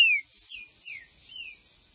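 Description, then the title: Green-winged saltator song: a loud falling whistle followed by three softer slurred whistled notes. "Trinca Ferro"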